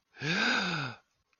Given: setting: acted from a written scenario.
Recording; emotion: vocal sound without words; realization